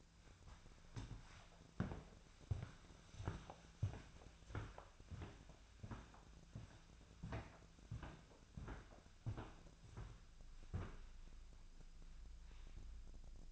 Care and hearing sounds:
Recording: daily activity, microphone in the room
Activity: walk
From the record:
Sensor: 2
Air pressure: 1008.1 hPa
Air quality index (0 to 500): 181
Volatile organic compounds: 10 ppm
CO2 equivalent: 2227 ppm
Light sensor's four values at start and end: 13/31/13/14 and 12/30/13/13

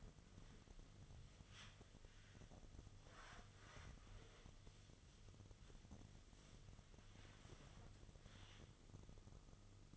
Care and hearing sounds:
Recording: daily activity, microphone in the room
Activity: wipe stove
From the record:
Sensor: 4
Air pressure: 1005.6 hPa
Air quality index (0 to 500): 109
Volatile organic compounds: 3 ppm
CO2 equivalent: 1362 ppm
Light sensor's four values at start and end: 11/26/10/10 and 12/27/10/10

